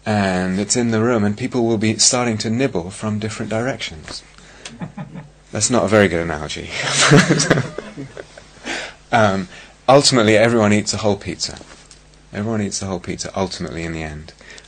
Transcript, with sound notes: and it's in the room, and people will be starting to nibble from different directions. That's not a very good analogy. [laughter] Ultimately, everyone eats a whole pizza. Everyone eats the whole pizza, ultimately, in the end.